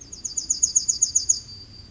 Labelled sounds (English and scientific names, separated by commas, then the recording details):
Yellowhammer (Emberiza citrinella) song
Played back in forest
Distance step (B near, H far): D
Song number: 163